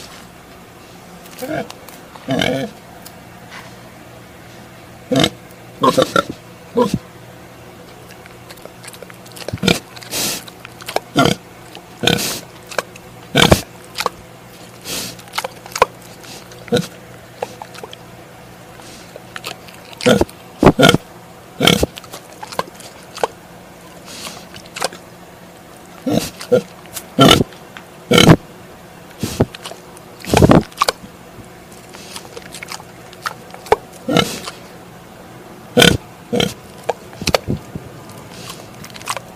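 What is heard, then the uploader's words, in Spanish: A pig making a string of short, sharp crunching and clicking noises, like chewing or biting, at an irregular pace of about one or two per second. A steady low hum runs underneath the whole time. Sonido cerdo real. Chancho.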